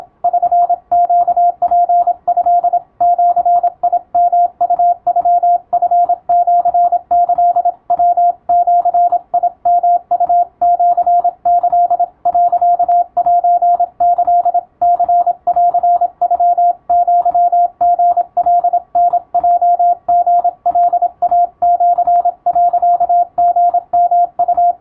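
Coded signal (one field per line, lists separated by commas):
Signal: Morse code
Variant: Japanese Wabun code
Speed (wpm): 26 wpm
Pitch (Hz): 700 Hz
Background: radio noise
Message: <SN>ネツト ジヨウノチシキ ヤジヨウシキ 、セキ ニンノアリカタヲリカイシ、リヨウ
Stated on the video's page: Morse receiving practice for radiotelegraph operators, using typing-speed test practice texts as material.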